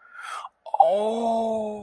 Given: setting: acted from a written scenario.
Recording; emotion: vocal sound without words; realization